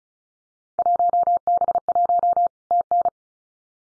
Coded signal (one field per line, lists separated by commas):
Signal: Morse code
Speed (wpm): 34 wpm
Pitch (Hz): 700 Hz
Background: none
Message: 1B1 TN